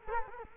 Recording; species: mosquito wingbeat signal from an infrared sensor; Culex quinquefasciatus